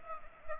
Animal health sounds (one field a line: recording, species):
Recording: mosquito wingbeat signal from an infrared sensor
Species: Aedes aegypti